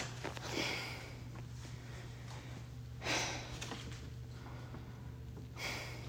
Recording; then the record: deep breathing after running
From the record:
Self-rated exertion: light exertion (2 of 6); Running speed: 6 miles an hour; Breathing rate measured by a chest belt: 8 breaths a minute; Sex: female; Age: 51 years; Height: 165 cm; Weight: 51 kg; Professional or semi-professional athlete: no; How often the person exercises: 3 to 5 times a week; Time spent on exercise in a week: 3 to 4 hours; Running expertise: no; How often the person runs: 3 to 5 times a week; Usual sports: running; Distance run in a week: 25 miles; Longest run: 50 km